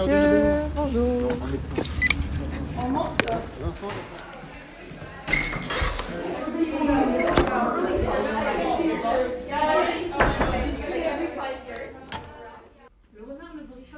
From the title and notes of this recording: The sounds of the bustling hallways to the overcrowded coffee room will be recorded.